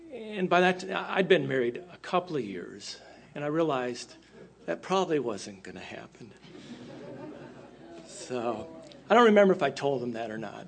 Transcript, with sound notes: And by that time, I’d been married a couple of years, and I realized, “That probably wasn’t going to happen.” (Chuckles) I don’t remember if I told him that or not.